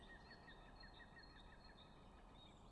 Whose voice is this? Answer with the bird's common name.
Great Tit